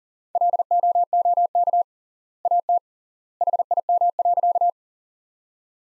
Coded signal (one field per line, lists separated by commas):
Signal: Morse code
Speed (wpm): 40 wpm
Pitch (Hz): 700 Hz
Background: none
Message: LOOK AT HIM.